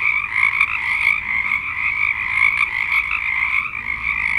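Frogs in a dense chorus of continuous trilled croaking, fairly even in loudness.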